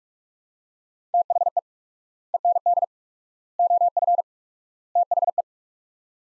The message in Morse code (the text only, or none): THE END OF THE